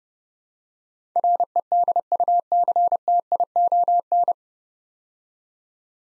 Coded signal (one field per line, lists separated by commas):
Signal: Morse code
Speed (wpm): 30 wpm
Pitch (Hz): 700 Hz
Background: none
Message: REDUCTION